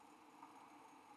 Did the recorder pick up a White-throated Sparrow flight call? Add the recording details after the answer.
no. No flight call is heard. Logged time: 07:21 on 5 December 2014